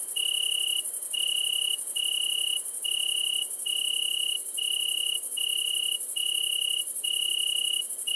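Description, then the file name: Italian tree cricket singing steady, musical trills of under a second each, repeated with short gaps, over a constant high, sizzling buzz of a bush-cricket. With a great green bush-cricket, at Le Puech, Cantal. "grillon-d Italie-et-grande-sauterelle-verte-Le-Puech-Cantal"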